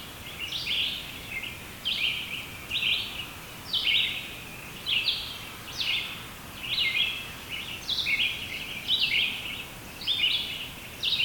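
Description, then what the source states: Red-eyed Vireo song, a long run of short, varied whistled phrases delivered about once per second with brief pauses between, set against soft background noise. Recording dominated by red-eyed vireos.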